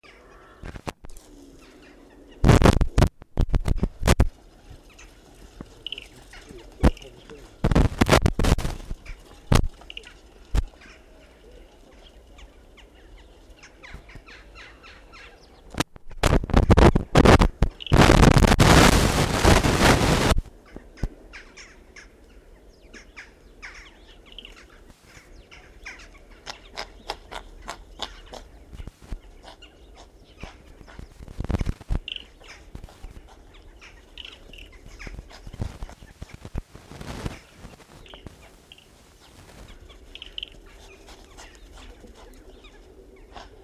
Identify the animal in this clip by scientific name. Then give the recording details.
Hydropotes inermis. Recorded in captivity. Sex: male. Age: adult. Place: Tierpark Berlin, Berlin, DE. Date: 1968-12-28 11:00. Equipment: Uher 4200 Report Stereo, Sennheiser MD 421. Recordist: Tembrock, Günter